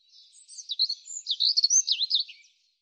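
European robin song, a fluid run of wavering, rising and falling high whistled notes that tumble quickly for about two seconds.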